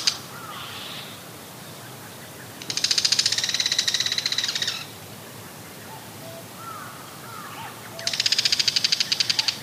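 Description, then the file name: Bull-headed shrike giving two harsh, rapidly pulsed chattering bursts, with faint soft whistled notes between them. "mozu"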